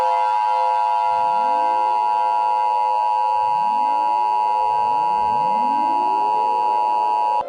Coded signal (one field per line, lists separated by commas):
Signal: Emergency Alert System (SAME) tones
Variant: 853 and 960 Hz attention tone